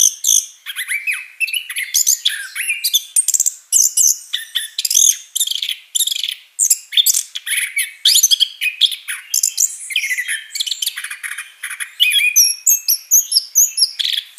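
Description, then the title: Orange-headed thrush delivering a dense, hurried stream of varied chirps, trills and whistled phrases, with thin high notes toward the end. Song described as gacor ngeplong (continuous, full-voiced delivery) and istimewa (excellent). "Anis Kembang Gacor Ngeplong Istimewa Suara Burung"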